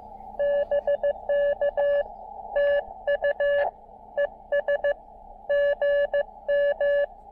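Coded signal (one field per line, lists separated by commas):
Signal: Morse code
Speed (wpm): 18 wpm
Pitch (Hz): 560 Hz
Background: none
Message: BK TU ES GM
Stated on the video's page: QRP CW park activation in Baie-Comeau, Québec, on 20m and 17m.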